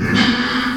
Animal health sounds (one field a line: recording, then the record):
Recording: squeal of a Yucatan mini pig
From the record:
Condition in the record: after surgery on the right vocal fold (resection and tissue-engineered implant)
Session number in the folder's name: 14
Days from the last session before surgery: 133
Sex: female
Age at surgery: 19 weeks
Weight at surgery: 25 kg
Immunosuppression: prednisolone